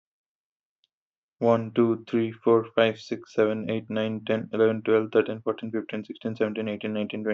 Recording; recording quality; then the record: counting at a fast pace; excellent, no background noise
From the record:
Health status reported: healthy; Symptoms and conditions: none ticked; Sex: male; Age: 23 years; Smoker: not ticked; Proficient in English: yes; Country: India